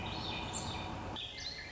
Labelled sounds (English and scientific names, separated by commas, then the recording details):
Swainson's Thrush (Catharus ustulatus)
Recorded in Sonoma County, California